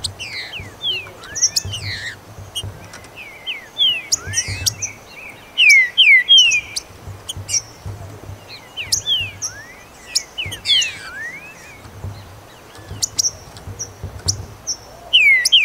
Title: Trinca Ferro